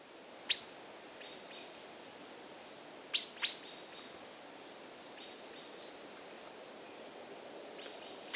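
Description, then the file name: Common blackbird sharp clicks: a single note, then a pair, then one more at the end, with softer quieter notes in between. "Turdus merula"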